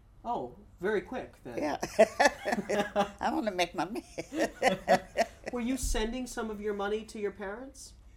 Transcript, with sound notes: Oh, very quick, then?
Yeah. ( they laugh ) I want to make money.
Were you sending some of your money to your parents?